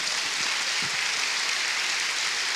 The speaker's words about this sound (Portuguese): Vamos ter o Carlos Coutinho Vilhena. Uma salva de palmas para o Carlos Coutinho Vilhena.